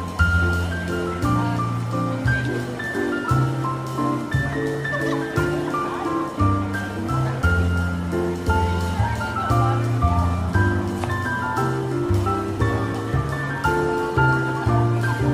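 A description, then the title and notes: A piano plays a gentle holiday tune at an even, unhurried pace, with low bass notes held under a brighter melody that steps up and down. A steady murmur of market crowd and chatter runs underneath throughout, keeping the overall level constant. Calming Holiday Jazz Piano and Market Ambience. Classic holiday tunes play on the piano, and all are merry and warm.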